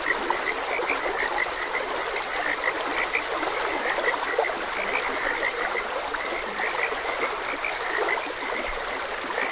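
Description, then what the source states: Frogs croaking in a busy chorus, brief notes recurring throughout over the soft roar of running water. Frogs croaking beside a gentle stream.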